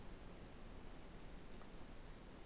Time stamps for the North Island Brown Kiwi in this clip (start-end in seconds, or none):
none